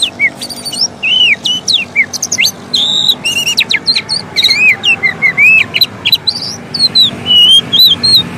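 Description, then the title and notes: Oriental magpie-robin song, rich and rapid, mixing curling whistles, harsh buzzy chips and clear upward slurs in a steady flow. Long-duration fill-in (isian) song material for training kacer to sing actively (gacor) day and night. "Kacer Jadi Gacor Siang Malam. Isian Kacer Durasi Panjang"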